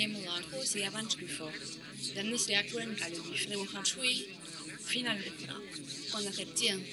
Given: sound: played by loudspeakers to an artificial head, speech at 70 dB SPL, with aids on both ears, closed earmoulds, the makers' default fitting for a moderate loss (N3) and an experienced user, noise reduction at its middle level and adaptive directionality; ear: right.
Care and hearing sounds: speech test signal (ISTS) in cocktail-party noise; 0 dB; on the right (90 degrees)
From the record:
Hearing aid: class 2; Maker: J

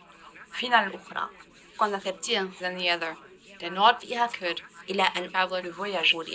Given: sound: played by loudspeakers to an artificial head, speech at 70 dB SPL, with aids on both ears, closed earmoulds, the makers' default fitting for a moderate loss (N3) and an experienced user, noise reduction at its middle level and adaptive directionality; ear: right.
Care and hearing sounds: speech test signal (ISTS) in cocktail-party noise; +9 dB; on the right (90 degrees)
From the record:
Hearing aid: class 2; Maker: E

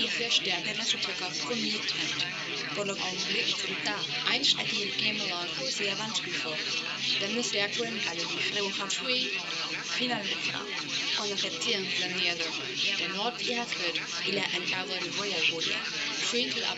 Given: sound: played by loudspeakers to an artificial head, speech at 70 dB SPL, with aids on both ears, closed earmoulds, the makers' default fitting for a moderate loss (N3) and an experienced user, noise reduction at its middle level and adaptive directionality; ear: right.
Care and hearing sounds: speech test signal (ISTS) in cocktail-party noise; 0 dB; in front (0 degrees)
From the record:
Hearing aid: class 1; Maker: A

